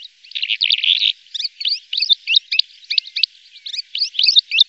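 Bird calls, a buzzy opening trill followed by a string of sharp, high, repeated chirps, several each second, with no other sounds.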